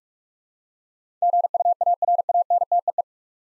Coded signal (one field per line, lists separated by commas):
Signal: Morse code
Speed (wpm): 46 wpm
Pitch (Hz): 700 Hz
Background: none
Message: GUARANTEE